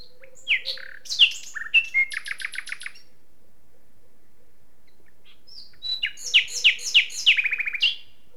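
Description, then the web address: Common nightingale song: two phrases of varied whistles and chirps, each ending in quick runs of repeated notes, separated by a silent gap. "SETE data Luscinia megarhynchos"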